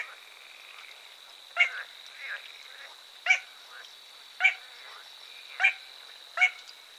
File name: Mindre sumphona